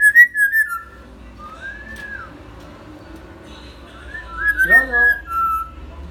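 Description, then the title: Hill myna giving loud wavering whistles, a soft arched whistle, then a burst of mixed whistled and lower throaty notes near the end. Hill myna (beo) described as gacor, recorded as a tutor (masteran) recording for training other birds. "Suara Burung Beo Gacor Cocok Untuk Masteran"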